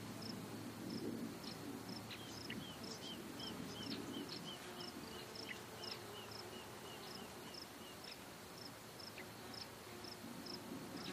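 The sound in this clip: Cicada song: rapid high pulses in a steady series, joined by a second, lower rhythmic series of short chirps for several seconds, over low background noise.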